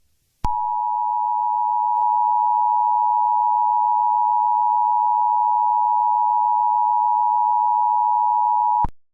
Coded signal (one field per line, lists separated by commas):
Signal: Emergency Alert System (SAME) tones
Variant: 853 and 960 Hz attention tone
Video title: EAS Scenario | Looney Tunes Error (#99)